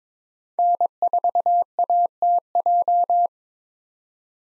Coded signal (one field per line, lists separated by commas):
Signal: Morse code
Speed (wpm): 22 wpm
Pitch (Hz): 700 Hz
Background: none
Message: N4ATJ